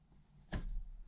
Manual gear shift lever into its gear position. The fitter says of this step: but when it jumps into the to the to the correct place it makes this small click if you heard it maybe